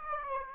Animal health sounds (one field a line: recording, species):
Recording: mosquito wingbeat signal from an infrared sensor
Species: Aedes aegypti